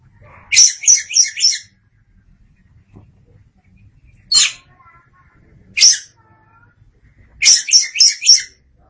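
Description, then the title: Oriental magpie-robin song: a quick burst of scratchy notes, two lone sharp calls, then another fast chattering run; a faint whistle between. Kacer song. "Suara Kicauan Burung Kacer"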